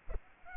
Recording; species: mosquito wingbeat signal from an infrared sensor; Culex pipiens